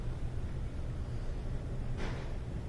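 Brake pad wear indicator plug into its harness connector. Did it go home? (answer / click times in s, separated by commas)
no / none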